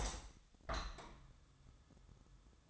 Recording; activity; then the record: daily activity, microphone in the room; open window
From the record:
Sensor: 3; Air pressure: 1004.6 hPa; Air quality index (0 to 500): 94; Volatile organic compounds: 3 ppm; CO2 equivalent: 1454 ppm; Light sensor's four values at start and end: 7/16/6/6 and 7/16/6/6